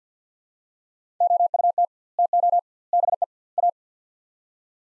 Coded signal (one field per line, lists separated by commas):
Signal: Morse code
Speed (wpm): 50 wpm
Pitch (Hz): 700 Hz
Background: none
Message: OUT TO BE A